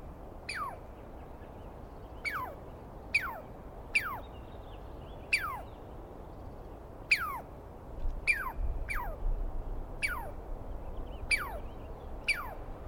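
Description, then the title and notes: Douglas squirrel giving a long series of piercing, steeply descending calls, roughly one a second, with soft rustling and low rumbling underneath toward the end. Likely identified by sound; screaming at length at dawn on 21 April 2017 in the East Cascades. "On the morning of 21 April, 2017, I set up my microphones and recorder for a nice dawn recording in the East Cascades. I was started awake by a screaming Douglas Pine Squirrel"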